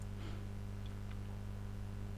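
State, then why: Not seated. Plastic afterburner can parts from a Revell 1/48 SR-71A Blackbird model kit are handled while being dry-fitted into a small wing section. Over a steady low electrical hum, only faint light ticks of plastic handling are heard, the clearest near 1.1 s. Nothing has seated or clicked yet.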